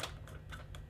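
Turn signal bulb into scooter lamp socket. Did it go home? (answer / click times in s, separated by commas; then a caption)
yes / 0.8 s. A bayonet turn signal bulb for a Yamaha Vino 50cc XC50 scooter, its pin lined up with the socket slot, is pushed into the lamp socket and turned clockwise. Faint ticks and scraping sit over a steady low hum. A short, sharp click at 0.8 s marks the bulb locking in place.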